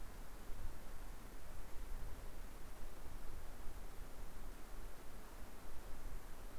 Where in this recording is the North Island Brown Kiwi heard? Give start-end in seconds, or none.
none